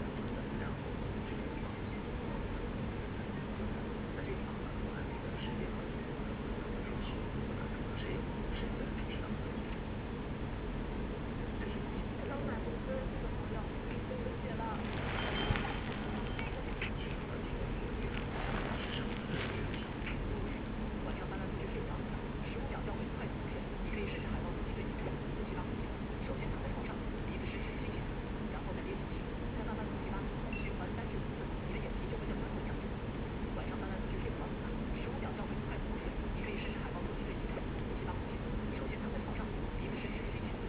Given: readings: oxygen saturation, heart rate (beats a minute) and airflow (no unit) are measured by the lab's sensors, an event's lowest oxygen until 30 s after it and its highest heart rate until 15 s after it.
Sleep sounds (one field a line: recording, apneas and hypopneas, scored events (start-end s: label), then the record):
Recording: a person awake in a sleep study, by a voice recorder at the bedside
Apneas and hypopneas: none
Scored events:
0.00-40.69 s: awake
From the record:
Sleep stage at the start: awake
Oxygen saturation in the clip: 94 to 96%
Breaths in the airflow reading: 10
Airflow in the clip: -2.5 to 3.6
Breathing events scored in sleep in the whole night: 335 in 6.7 hours asleep